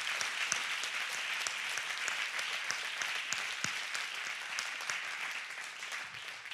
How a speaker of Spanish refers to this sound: ¡Dale un aplauso fuerte!